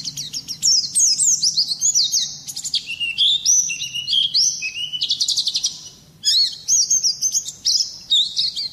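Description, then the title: Oriental magpie-robin singing a rapid, varied run of high whistles, slurred sweeps and trills, with a brief pause before the song resumes. "Kicau Kacer"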